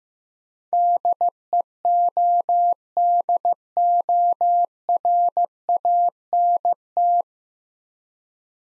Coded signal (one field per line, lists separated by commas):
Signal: Morse code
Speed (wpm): 16 wpm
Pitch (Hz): 700 Hz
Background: none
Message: DEODORANT